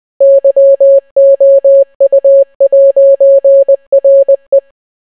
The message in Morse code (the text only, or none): YOU'RE